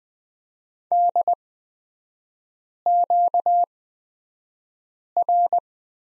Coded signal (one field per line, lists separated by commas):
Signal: Morse code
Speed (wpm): 20 wpm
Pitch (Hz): 700 Hz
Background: none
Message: DQR